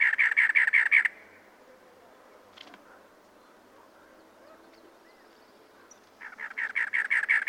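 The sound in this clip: Cactus wren song: a burst of harsh, rasping chugs, then a long quiet gap with a faint click, and another grating series that starts softly and grows louder.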